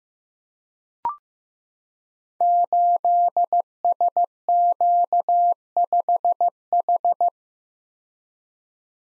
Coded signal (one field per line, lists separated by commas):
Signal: Morse code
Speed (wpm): 15 wpm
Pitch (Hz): 700 Hz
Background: none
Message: 8SQ5H